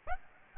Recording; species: mosquito wingbeat signal from an infrared sensor; Aedes aegypti